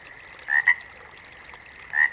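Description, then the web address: Water frog giving two brief double croaks, about one and a half seconds apart, over a quiet background. "Sounds of Nature Collection. Water Frogs"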